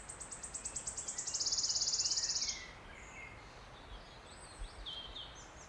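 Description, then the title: Wood warbler delivering its song, repeated sharp ticks speeding up into a bright trembling trill that ends suddenly, then faint chirps from other woodland birds. Single male singing from the oak canopy in an ancient oak wood on a steep-sided wooded valley in South Wales, in May, just after rain stopped. "Sound Escape 16: listen to the cascade of wood warbler song in an ancient oak wood"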